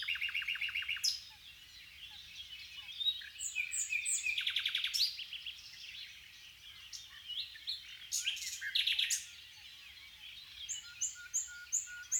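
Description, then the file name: Common nightingale song of abrupt phrases: quick repeated notes, loud rattling bursts and chattering trills separated by short pauses. "Luscinia megarhynchos"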